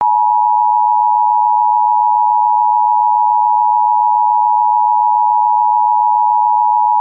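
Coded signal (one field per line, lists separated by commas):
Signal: Emergency Alert System (SAME) tones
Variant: 853 and 960 Hz attention tone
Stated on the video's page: Mock EAS scenario made with mobile apps.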